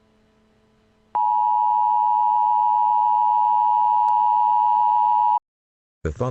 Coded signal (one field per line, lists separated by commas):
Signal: Emergency Alert System (SAME) tones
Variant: 853 and 960 Hz attention tone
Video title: EAS Scenario- The Trembling Thunder